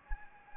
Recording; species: mosquito wingbeat signal from an infrared sensor; Anopheles gambiae